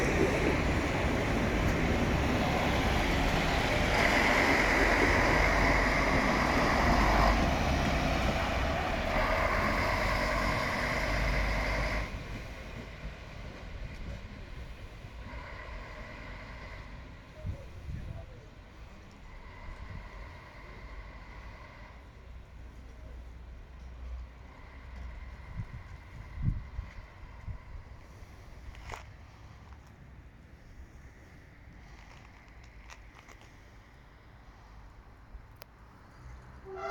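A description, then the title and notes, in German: A Wachau railway railcar pulls out of Spitz, loud rumbling and hissing for twelve seconds, then fading to a quieter hum with faint clanks. Wachaubahn in Spitz an der Donau. Der Triebwagen der Wachaubahn fährt Richtung Emmersdorf in Spitz aus.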